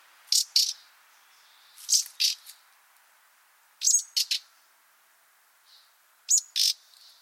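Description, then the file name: Common nightingale repeating pairs and triplets of harsh, buzzy call notes every couple of seconds, some starting with a brief high whistle. "Luscinia megarhynchos"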